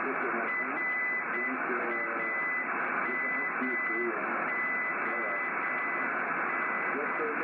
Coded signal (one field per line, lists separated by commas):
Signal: Morse code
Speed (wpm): 8 wpm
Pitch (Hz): 2000 Hz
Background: speech, radio noise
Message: RAMON